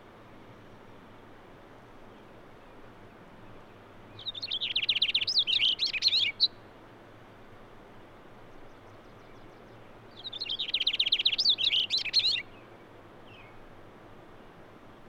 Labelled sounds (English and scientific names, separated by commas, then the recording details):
Cassin's Finch (Haemorhous cassinii) song
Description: Cassin's Finch song recorded at Hollowell Park in Rocky Mountain National Park
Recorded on 6 June 2017